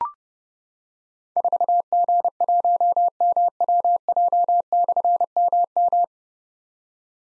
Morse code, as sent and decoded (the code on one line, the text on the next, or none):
....- --. .---- -- .-- .--- -..-. -- --
4G1MWJ/MM